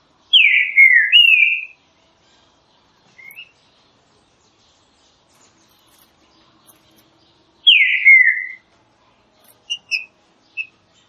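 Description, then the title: Green-winged saltator song: rich whistled phrases, a falling then steady note, repeated after about seven seconds, with a few faint chips between. Classic song style used for training. "Canto Clássico Trinca Ferro TREINAMENTO"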